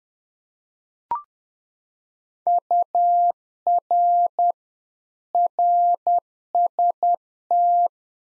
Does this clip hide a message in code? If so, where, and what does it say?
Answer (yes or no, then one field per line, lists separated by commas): yes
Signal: Morse code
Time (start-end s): 2.5-7.9 s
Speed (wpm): 10 wpm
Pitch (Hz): 700 Hz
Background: none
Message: UR RST